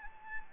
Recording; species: mosquito wingbeat signal from an infrared sensor; Anopheles gambiae